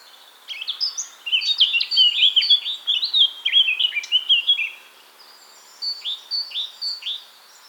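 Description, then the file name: Eurasian blackcap with a dense, hurried warbling phrase lasting about four seconds. A shorter run of repeated downslurred notes follows after a pause. "Sylvia atricapilla"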